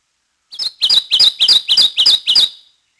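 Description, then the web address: Kentucky warbler with a repeated chanting song, seven loud ringing two-syllable whistles in steady succession lasting about two seconds; otherwise quiet. "Peterson North American Birds. kewa"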